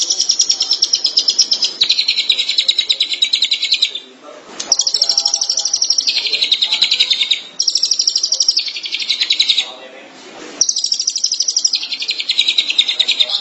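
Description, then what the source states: Long-tailed shrike song: bursts of fast high buzzy trills lasting a few seconds each, separated by short gaps, some dropping to a slightly lower pitch. March 2017.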